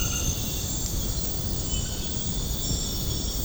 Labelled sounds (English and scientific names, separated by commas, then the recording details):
none
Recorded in secondary vegetation near Puerto Asís, Putumayo, Colombia, on 20 February 2024 at 01:30
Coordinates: 0.472, -76.331
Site G6371